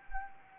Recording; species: mosquito wingbeat signal from an infrared sensor; Anopheles arabiensis